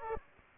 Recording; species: mosquito wingbeat signal from an infrared sensor; Aedes aegypti